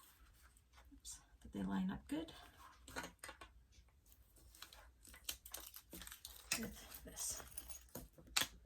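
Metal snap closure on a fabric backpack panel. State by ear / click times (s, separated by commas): seated / 8.4 s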